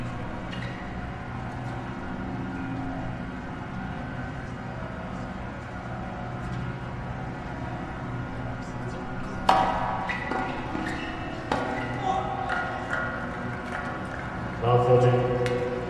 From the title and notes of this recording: This is my annual exploration of sounds from the US Open Tennis tournament, held in New York at the end of each Summer.